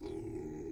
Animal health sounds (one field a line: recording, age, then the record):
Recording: pig call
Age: weaner (32 to 43 days)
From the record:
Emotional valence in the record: positive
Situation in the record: positive conditioning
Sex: female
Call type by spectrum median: low-frequency call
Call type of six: low-frequency stable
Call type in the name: low-frequency stable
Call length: 0.72 s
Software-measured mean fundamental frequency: 61 Hz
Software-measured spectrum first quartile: 219 Hz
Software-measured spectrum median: 334 Hz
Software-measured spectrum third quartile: 439 Hz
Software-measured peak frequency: 336 Hz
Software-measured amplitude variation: 139 dB a second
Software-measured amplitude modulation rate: 32.1 a second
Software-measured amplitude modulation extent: 4.3 dB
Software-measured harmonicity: 4.2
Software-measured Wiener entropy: 0.15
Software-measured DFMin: 649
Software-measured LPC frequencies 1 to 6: 358, 2067, 3491, 4052, 4812, 5581 Hz